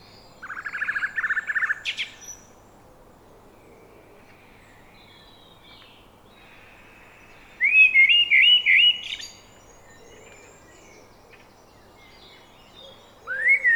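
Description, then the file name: Eurasian blackbird song: a warbled phrase, a brighter fluted phrase several seconds later, and the start of another at the end. "Turdus merula"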